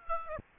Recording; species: mosquito wingbeat signal from an infrared sensor; Aedes aegypti